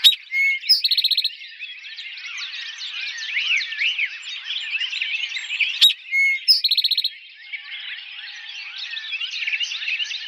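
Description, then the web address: Eastern towhee song is heard twice, each time a whistled note, a higher upslur and a fast trill, separated by dense chattering from many other birds. Recorded on 4 January 2007. "Eastern Towhee 2007 01 04 Eastern Towhee"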